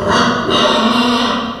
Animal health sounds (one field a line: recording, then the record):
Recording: squeal of a Yucatan mini pig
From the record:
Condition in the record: after surgery on the right vocal fold (resection and tissue-engineered implant)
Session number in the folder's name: 15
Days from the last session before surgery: 175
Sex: female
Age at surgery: 19 weeks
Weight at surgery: 25 kg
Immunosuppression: prednisolone